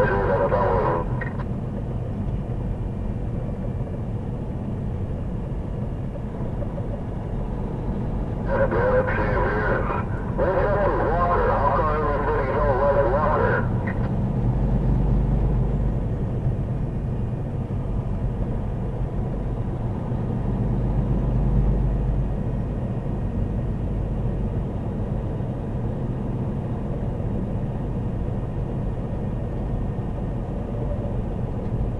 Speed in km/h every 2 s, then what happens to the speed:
77, 76, 74, 69, 71, 74, 74, 76, 77, 76, 76, 77, 77, 77, 77, 76.
0-6 slows to 69. 6-15 speeds up to 77. 15-32 steady at about 77.